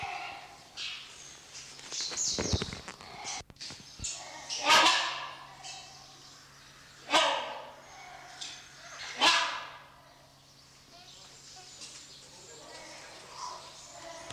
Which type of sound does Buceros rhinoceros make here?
duetting